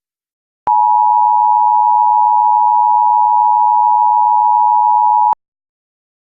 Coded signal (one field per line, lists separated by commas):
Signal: Emergency Alert System (SAME) tones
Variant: 853 and 960 Hz attention tone